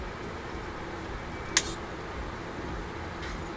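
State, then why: Partly seated. A plastic tail fin is test-fitted into the fuselage slot of a scale model F-15E Strike Eagle jet, giving one sharp click at 1.6 s over a steady low background noise. The fin almost snaps in but is not fully seated and does not quite fit yet.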